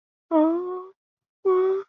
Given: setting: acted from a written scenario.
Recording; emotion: vocal sound without words; distress